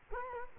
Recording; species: mosquito wingbeat signal from an infrared sensor; Culex quinquefasciatus